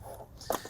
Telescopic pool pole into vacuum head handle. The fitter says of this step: and push the pole on until it clicks and locks